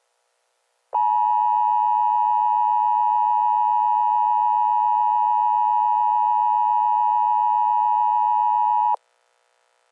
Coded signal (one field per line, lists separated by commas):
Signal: Emergency Alert System (SAME) tones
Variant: 853 and 960 Hz attention tone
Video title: EAS SCENARIO: Cujo 6/13/2025. **HAS VALID TONES**